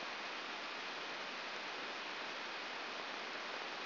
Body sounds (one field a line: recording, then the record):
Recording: brain microelectrode recording played as sound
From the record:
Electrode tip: outside the subthalamic nucleus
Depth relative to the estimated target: -2 mm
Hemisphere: right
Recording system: AlphaMap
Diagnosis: Parkinson's disease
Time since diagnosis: 10 years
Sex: female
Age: 63 years